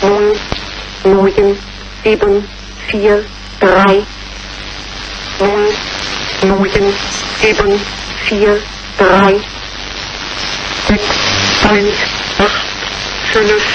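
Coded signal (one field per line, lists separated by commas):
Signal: numbers station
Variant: G06 German Lady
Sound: female voice reading short evenly spaced words, like numbers, over constant hiss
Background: radio static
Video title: Zahlensender/Number Station "G06" (The German Lady) long message (28.10.2005)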